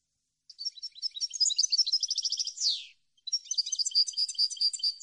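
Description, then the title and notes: European goldfinch song: dense, bright twittering with tinkling trills and a descending buzzy note, then another run of chattering notes after a short break. Clean goldfinch song for song copying (training). "canto de jilguero limpio para copia"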